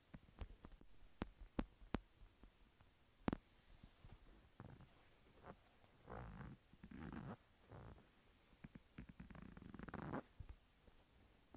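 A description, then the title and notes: Tapping and scratching on a textured phone case: sharp irregular taps through the first half, then rougher scraping bursts around six to ten seconds. Tapping and Scratching Textured Phone Case.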